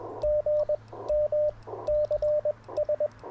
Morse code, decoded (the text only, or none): GM CS